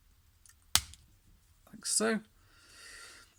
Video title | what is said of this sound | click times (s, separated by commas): Titans Return - Wingspan & Cloudraker Transformers Review | come up and that will just click into place like | 0.8 s